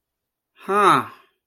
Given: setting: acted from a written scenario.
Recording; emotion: vocal sound without words; interest